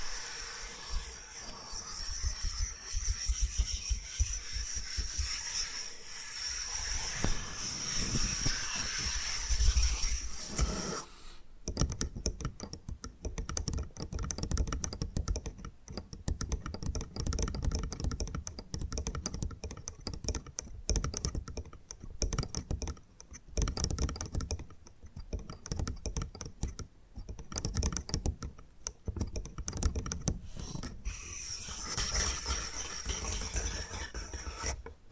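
Bamboo being handled: the first ten seconds carry a steady hiss with bright tones above, then from about 11 to 31 seconds comes a dense run of quick, irregular tapping and scratching clicks. Near the end the steady hiss returns.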